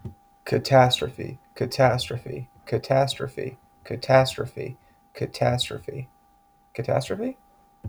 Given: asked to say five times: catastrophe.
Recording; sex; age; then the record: repeated word; male; 20 to 29 years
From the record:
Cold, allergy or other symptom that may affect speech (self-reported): no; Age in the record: 28 years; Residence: Pennsylvania, United States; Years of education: 16